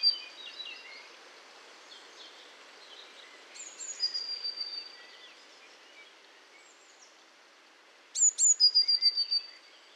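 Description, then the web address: Eurasian blue tit: scattered, softer high chirps and twitters come first, then a loud phrase of two piercing high notes and a rapid string of thin, even notes. Recorded at Valsolda. "valsolda. Cinciarella"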